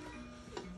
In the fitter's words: did you hear it click when I push it down